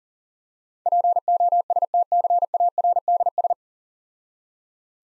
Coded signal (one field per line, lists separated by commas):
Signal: Morse code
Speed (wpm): 43 wpm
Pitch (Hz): 700 Hz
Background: none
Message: POSTCARDS